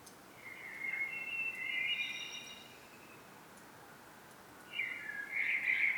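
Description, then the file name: Common blackbird with a flowing, whistled phrase, a silence of about two seconds, then a second warbled, twittering phrase. "Turdus merula"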